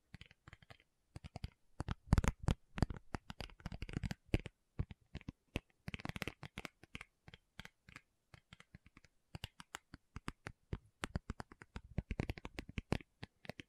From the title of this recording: Tapping Session (No Talking)